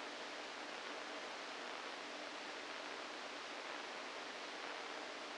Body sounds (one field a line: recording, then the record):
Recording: brain microelectrode recording played as sound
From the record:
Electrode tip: inside the subthalamic nucleus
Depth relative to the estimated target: -3 mm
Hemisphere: right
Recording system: NeuroSet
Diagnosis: Parkinson's disease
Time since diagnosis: 7 years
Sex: female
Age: 68 years